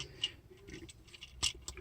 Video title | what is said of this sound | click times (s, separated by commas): Chuck's Reviews Transformers Generations Selects DK-2 Guard | should and it will sort of soft snap into place | 0.2 s